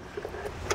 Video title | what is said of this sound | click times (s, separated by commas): Installation of EcoFlow Alternator Charger in a 2011 Honda Pilot | into the charger and it clips into place | 0.7 s